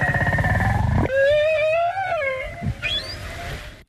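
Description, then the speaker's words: Whale singing underwater, a rough pulsed grunt, then a long wavering moaning tone, a low thump and a short rising upsweep. Recorded underwater off Réunion, Indian Ocean; one individual stayed under the boat singing about an hour and a half; male sings in 10–30 minute cycles, probably to attract females, likely also communication. "on sait que le chant des baleines sert au mâle lors d'un cycle assez long qui dure entre 10 et 30 minutes"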